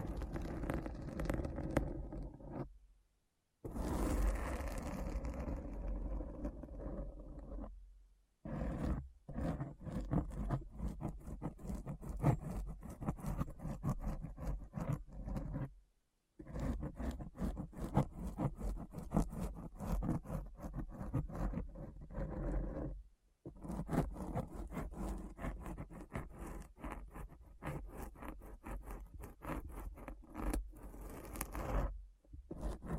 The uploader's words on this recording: ASMR Deep Brain Scratch (No Talking).